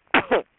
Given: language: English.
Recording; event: throat vibration sensor signal played as sound; cough